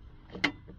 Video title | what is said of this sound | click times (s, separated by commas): How to change 2004 Mitsubishi Lancer ES gas cap | so you snap it in to that hole | 0.4 s